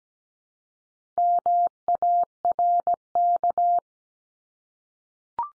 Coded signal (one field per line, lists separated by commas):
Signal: Morse code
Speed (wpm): 17 wpm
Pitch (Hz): 700 Hz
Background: none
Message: MARK